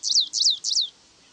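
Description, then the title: Stripe-tailed yellow finch song: three quick, high, sweeping notes that slide sharply downward, evenly spaced across about one second, then silence. Nominate subspecies Sicalis citrina citrina. "LuckyPassaro Completos2Sama. Stripe-tailed Yellow Finch"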